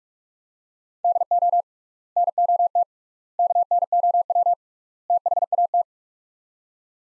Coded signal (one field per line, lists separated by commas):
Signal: Morse code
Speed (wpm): 43 wpm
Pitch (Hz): 700 Hz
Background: none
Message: DO NOT KNOW THAT